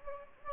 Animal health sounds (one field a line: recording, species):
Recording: mosquito wingbeat signal from an infrared sensor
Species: Anopheles gambiae